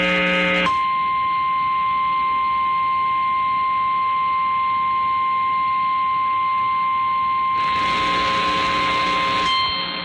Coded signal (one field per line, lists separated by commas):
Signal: Emergency Alert System (SAME) tones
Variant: 1050 Hz attention tone